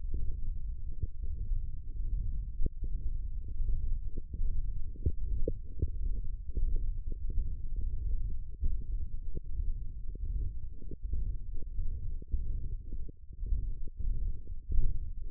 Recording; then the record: forearm muscle sounds (acoustic myography)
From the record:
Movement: ulnar deviation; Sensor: system 1, eight BSWA MPA416 microphones around the upper forearm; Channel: 6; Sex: male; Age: 21 years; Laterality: right